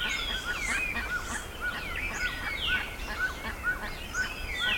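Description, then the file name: Birds calling in a dense chorus of chirps and sweeping whistles, with a clear short whistled note repeating about every half second beneath it. "SABIOD 50 bird 2015"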